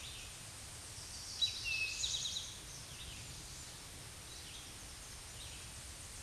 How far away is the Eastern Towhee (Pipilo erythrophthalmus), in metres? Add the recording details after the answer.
about 35 m. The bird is about 15 m above the microphone. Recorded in a Pennsylvania forest on 16 May 2024 at 07:05. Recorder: AudioMoth, point MSD-0627. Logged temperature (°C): 14.8 °C. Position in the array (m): 87 m, 22 m